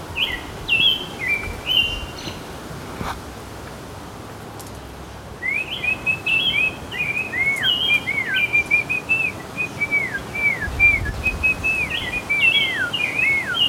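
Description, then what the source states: Songbird giving clear whistled notes, many slurred downward, in quick irregular series over a steady low rumble of background noise. Songbirds singing in a city.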